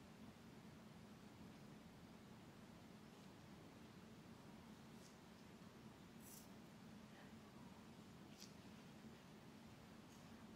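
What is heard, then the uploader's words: A steady, dense rustle like fingers playing through hair or scratching fabric, with a low rumbling hum underneath. Short bright scratchy strokes stand out around six, six and a half, and eight and a half seconds. TimASMR-Real Person Hair Play, Back Tracing, Scratching & Massage (NO TALKING).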